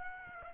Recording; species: mosquito wingbeat signal from an infrared sensor; Aedes aegypti